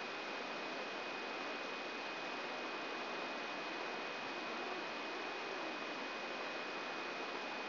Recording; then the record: brain microelectrode recording played as sound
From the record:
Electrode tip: inside the subthalamic nucleus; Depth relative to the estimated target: 2 mm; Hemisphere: right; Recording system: AlphaMap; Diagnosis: Parkinson's disease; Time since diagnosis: 7 years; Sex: female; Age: 56 years